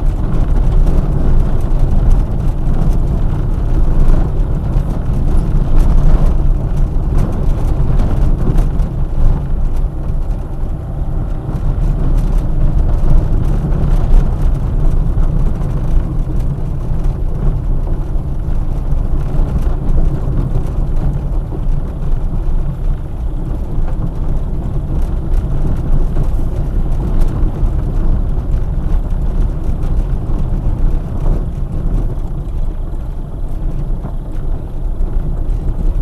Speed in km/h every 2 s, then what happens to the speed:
21, 23, 23, 17, 20, 20, 21, 18, 19, 17, 18, 19, 19, 19, 18, 14, 13, 16.
4-6 slows to 17. 6-27 steady at about 19. 27-31 slows to 13.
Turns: 13-18, 20-23, 29-36.